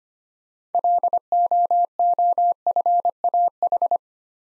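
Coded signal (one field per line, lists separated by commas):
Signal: Morse code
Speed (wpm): 25 wpm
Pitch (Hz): 700 Hz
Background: none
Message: LOOFAH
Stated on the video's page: Morse practice drill of difficult words with contextual hints, sent at 25 wpm.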